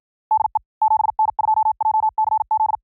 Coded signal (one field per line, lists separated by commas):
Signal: Morse code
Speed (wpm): 53 wpm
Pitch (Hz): 870 Hz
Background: none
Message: DE 7N2JCZ